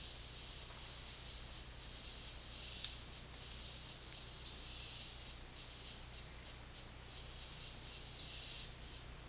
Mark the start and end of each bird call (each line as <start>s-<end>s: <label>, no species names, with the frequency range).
4.44s-4.87s: bird call (3.9-6.6 kHz)
8.19s-8.79s: bird call (3.2-6.3 kHz)